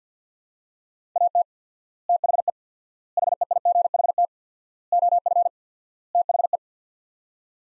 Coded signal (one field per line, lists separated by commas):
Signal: Morse code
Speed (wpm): 50 wpm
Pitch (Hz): 700 Hz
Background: none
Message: AT THE HEIGHT OF THE